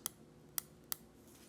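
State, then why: Torque reached. With the micrometer spindle closed onto the anvil, the metal ratchet stop on the spindle thimble is turned through three clicks to give consistent measuring pressure. Three short, sharp clicks are heard at 0.1, 0.6 and 0.9 seconds over a quiet background. The ratchet slips past a set torque each time, so the tool cannot be over-tightened.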